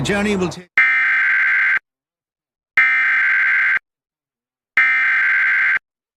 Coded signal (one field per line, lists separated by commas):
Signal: Emergency Alert System (SAME) tones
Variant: header bursts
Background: speech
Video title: Real EAS Alert #27 (10/9/24)